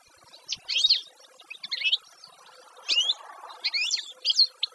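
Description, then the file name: Canary song: brief clusters of sharp, high twittering notes with short gaps of quiet between phrases. "Canary Voice"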